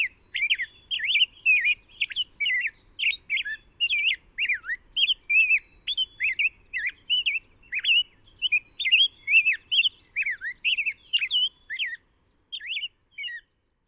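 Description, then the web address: Rose-breasted grosbeak song, a steady stream of clear, sweet warbled notes that rise and drop quickly, going on almost without a break before short final phrases. "Know Your Bird Sounds Common Western Species. Rose-breasted Grosbeak"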